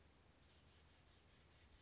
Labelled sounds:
Oak Titmouse
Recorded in Sonoma County, California

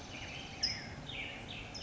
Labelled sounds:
California Towhee
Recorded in Sonoma County, California

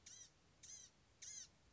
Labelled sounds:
Blue-gray Gnatcatcher
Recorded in Sonoma County, California

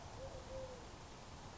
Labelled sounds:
Eurasian Collared Dove
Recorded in Sonoma County, California

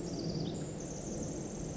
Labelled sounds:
Pacific Wren
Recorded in Sonoma County, California

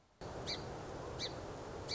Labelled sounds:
Song Sparrow
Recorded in Sonoma County, California

